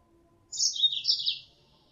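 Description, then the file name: Mozambique canary call, a single high twittering burst just under a second, bright chirps drifting slightly downward, nothing else clearly heard. Female; lure call used to attract birds. "suara pancingan mozambik betina"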